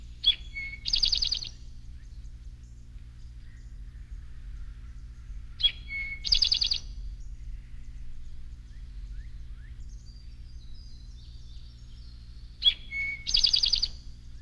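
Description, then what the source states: Rufous-sided Towhee singing three times: a sharp high note, a lower whistle, then a fast buzzy trill, with faint softer chirps between. Normal song, which some field guides render as 'Drink your tea'.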